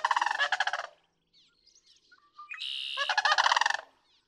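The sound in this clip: Sandhill crane giving loud rolling, rattling bugle calls in two bursts of about a second and a second and a half, with faint chirps of small birds between them.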